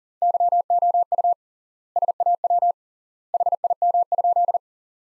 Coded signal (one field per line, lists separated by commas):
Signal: Morse code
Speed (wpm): 40 wpm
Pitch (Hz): 700 Hz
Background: none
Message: YOU SAW HIM?